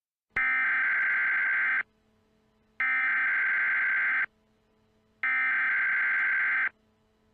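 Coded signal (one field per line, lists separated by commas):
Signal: Emergency Alert System (SAME) tones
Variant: header bursts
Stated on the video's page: Mock EAS alert.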